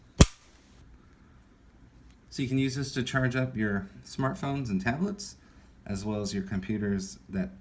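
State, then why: Seated. A part of an Anker PowerPort II USB-C PD & PIQ 2.0 wall charger with one USB Type-A and one USB Type-C port, likely the folding plug prongs, is moved into place on the charger body. It gives a single sharp, loud click at 0.2 s as it seats in position. Someone then talks for the rest of the clip.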